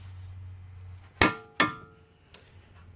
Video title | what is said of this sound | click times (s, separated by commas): Subaru Front CV Axle Replacement - 2003 Outback | So that click means that we're there. | 1.2 s